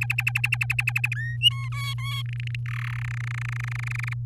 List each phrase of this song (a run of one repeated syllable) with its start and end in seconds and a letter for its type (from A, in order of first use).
0.01-1.14 A, 1.15-1.36 B, 1.41-1.69 C, 1.72-2.22 D, 2.25-2.56 E, 2.66-3.00 F, 3.01-4.14 G